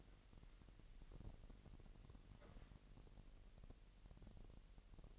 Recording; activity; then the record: daily activity, microphone in the room; wipe stove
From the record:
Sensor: 4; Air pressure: 1001.9 hPa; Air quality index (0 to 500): 247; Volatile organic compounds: 40 ppm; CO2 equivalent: 3150 ppm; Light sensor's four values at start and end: 9/19/7/7 and 9/19/7/7